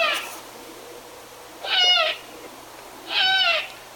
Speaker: that's some of the incessant begging of a great horned owl.